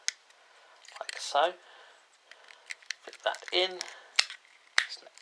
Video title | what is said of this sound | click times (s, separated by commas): Transformers Titans Return Twinferno / Doublecross | click into place and you've got shoulders which stick out now | 4.2 s, 4.8 s